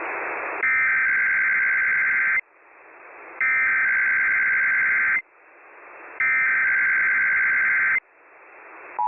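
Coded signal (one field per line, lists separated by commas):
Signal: Emergency Alert System (SAME) tones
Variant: header bursts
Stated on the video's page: Compilation of EAS monthly and weekly tests and NOAA Weather Radio required weekly tests.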